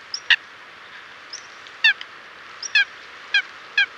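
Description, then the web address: Eurasian coot giving several brief nasal call notes at irregular intervals, against a constant hiss. "chant xeno-canto foulque macroule"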